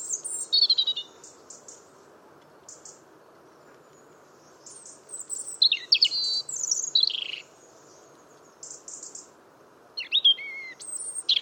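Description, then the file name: European robin giving separate short bursts of high, tinkling song with pauses between them. "Erithacus rubecula"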